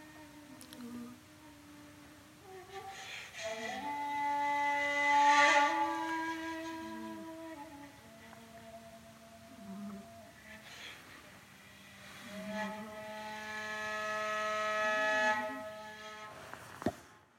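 A shakuhachi plays long, held notes with smooth slides and bends between pitches, in two phrases: one from about 1 to 10 seconds and another from about 12 to 16 seconds. Each swells to its loudest midway, and a sharp click sounds just before the end.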